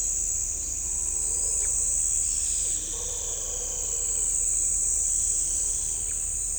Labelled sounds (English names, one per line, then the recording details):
Straight-billed Woodcreeper
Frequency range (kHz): Straight-billed Woodcreeper 2.6-4.3 kHz
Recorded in shrubland near Pivijay, Magdalena, Colombia, on 4 June 2023 at 05:30
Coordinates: 10.453, -74.365
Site P5-G022